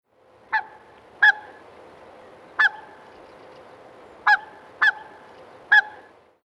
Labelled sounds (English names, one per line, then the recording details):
Ross's Goose
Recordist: Tembrock, Günter
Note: Kurzlaute